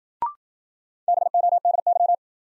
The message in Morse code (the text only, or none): BODY